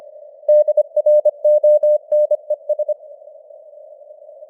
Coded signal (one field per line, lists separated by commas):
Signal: Morse code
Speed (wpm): 25 wpm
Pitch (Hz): 600 Hz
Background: none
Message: DRONES